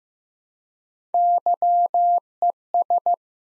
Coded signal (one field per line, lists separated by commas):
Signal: Morse code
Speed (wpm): 15 wpm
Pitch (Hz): 700 Hz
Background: none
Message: YES